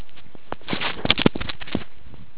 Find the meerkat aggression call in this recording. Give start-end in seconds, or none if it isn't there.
none